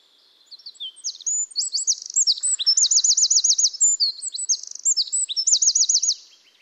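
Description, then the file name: Eurasian wren song, a rapid, high-pitched outpouring of sharp notes and fast rattling trills lasting about six seconds, with a faint lower buzz partway through. "Troglodytes troglodytes"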